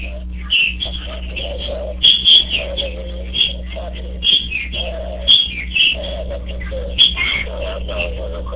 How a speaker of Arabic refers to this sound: صوت العصافير عالي جدا جدا جدا، والله المستعان.